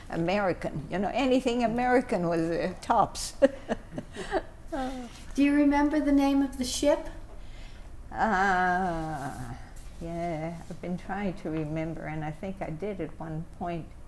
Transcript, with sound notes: American, you know. Anything American was tops! [Laughs]
Do you remember the name of the ship?
I've been trying to remember and I think I did at one point.